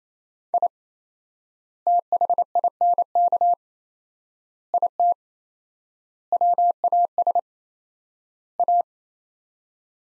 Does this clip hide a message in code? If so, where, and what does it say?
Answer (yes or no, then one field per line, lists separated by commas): yes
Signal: Morse code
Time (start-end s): 0.5-8.8 s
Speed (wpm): 27 wpm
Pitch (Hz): 700 Hz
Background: none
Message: I THINK IT WAS A